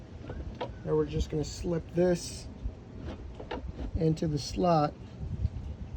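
A plastic part is being slipped into a slot on the power distribution center of a 2006 Jeep LJ during a TSB repair for an OBDII monitoring problem. Someone talks throughout, with a couple of faint handling taps around 3.4 and 3.5 seconds. The part has not seated or clicked yet.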